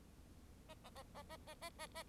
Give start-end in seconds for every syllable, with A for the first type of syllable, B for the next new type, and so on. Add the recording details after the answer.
0.68-0.74 A, 0.83-0.90 A, 0.95-1.03 A, 1.14-1.23 A, 1.29-1.37 A, 1.46-1.54 A, 1.61-1.70 A, 1.78-1.87 A, 1.95-2.03 A. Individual Bird4